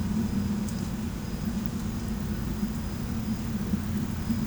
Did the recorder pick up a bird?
no